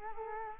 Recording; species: mosquito wingbeat signal from an infrared sensor; Culex quinquefasciatus